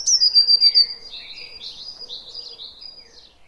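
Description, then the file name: Eurasian blue tit with a high note sliding down through a rapid trill, then fainter notes trailing off. "Cyanistes caeruleus"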